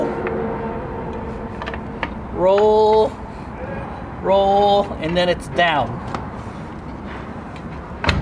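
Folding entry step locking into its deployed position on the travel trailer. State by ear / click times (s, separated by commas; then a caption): seated / 8.0 s, 8.1 s. On an Airstream travel trailer, the folding metal entry steps are rolled down from the doorway while someone talks, with scattered light knocks and clatter along the way. The steps are then pushed until they lock into their deployed position, giving a sharp double click at 8.0 and 8.1 seconds.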